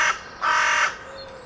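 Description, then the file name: Carrion crow harsh caws: one short clipped note followed by a longer rasping one, broad and noisy in tone. "Corvus corone"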